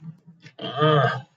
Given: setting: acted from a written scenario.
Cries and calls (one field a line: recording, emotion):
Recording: vocal sound without words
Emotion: pain